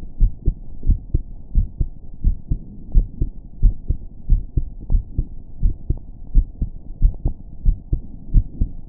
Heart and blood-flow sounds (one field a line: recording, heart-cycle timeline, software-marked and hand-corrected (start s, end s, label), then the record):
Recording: heart sounds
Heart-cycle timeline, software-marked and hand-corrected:
0.00	0.21	diastole
0.21	0.33	S1
0.33	0.45	systole
0.45	0.55	S2
0.55	0.87	diastole
0.87	0.99	S1
0.99	1.13	systole
1.13	1.23	S2
1.23	1.55	diastole
1.55	1.67	S1
1.67	1.81	systole
1.81	1.91	S2
1.91	2.25	diastole
2.25	2.37	S1
2.37	2.51	systole
2.51	2.61	S2
2.61	2.95	diastole
2.95	3.07	S1
3.07	3.21	systole
3.21	3.31	S2
3.31	3.63	diastole
3.63	3.75	S1
3.75	3.89	systole
3.89	3.99	S2
3.99	4.29	diastole
4.29	4.43	S1
4.43	4.57	systole
4.57	4.65	S2
4.65	4.91	diastole
4.91	5.03	S1
5.03	5.19	systole
5.19	5.29	S2
5.29	5.63	diastole
5.63	5.75	S1
5.75	5.91	systole
5.91	6.01	S2
6.01	6.35	diastole
6.35	6.47	S1
6.47	6.61	systole
6.61	6.71	S2
6.71	7.01	diastole
7.01	7.13	S1
7.13	7.25	systole
7.25	7.35	S2
7.35	7.65	diastole
7.65	7.77	S1
7.77	7.91	systole
7.91	8.01	S2
8.01	8.33	diastole
8.33	8.45	S1
8.45	8.59	systole
8.59	8.69	S2
8.69	8.89	diastole
From the record:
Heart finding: normal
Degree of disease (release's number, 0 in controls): 0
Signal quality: good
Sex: male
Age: 24 years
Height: 1.74 m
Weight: 72 kg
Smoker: no